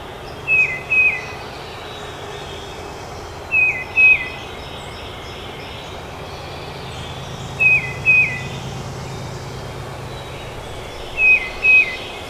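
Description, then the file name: Tufted titmouse song: clear two-note whistled phrases, each note slurring downward, repeated four times about every three and a half seconds over a steady low hum. Recorded at Trempealeau on 12 May 2018. "2018-05-12 TUTI-Trempealeau"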